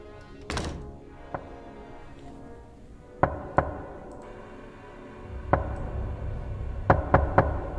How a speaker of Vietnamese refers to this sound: Đột nhiên có tiếng gõ cửa vang lên.